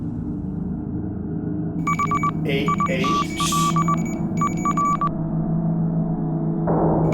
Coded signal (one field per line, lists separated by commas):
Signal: Morse code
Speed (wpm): 20 wpm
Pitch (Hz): 1160 Hz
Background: none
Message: HITLER